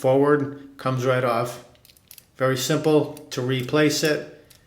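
A man talks while handling a Gillette Mach3 razor, whose plastic 3-blade cartridge has just been popped off the handle by pushing the release button forward. A faint short tick is heard near 4.7 seconds. The clip ends before the cartridge is pushed back onto the handle, so nothing has seated or locked in yet.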